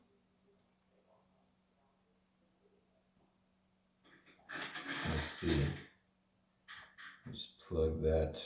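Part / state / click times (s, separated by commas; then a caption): action figure head onto neck peg / not seated / none. An action figure's plastic head is lined up before being plugged onto the neck peg. The first four seconds are near-silent with faint low handling, then someone talks in bursts. Nothing has clicked or seated yet.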